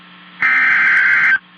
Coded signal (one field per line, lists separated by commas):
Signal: Emergency Alert System (SAME) tones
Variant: header bursts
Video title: Oh Jacksonville... EAS Alerts From 2/6/21 (EAS #161 - #165)